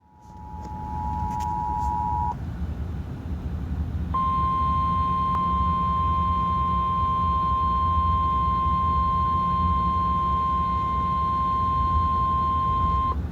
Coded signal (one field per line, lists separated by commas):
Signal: Emergency Alert System (SAME) tones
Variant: 853 and 960 Hz attention tone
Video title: Bad Luck VI | EAS Capture 45